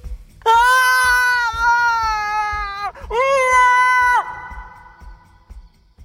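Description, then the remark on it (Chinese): A shrill, terrified scream rings out in the dead of night in Kaifeng Prefecture, in two long, drawn-out cries, the first sustained for over two seconds and the second shorter, before trailing off into faint quiet. “深更半夜，开封府里传来一声惨叫，这一声猫吼首当其冲吓着的是隔壁屋子的小四子。”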